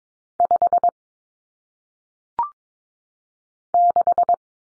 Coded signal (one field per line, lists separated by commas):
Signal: Morse code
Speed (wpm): 22 wpm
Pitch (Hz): 700 Hz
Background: none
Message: 5 6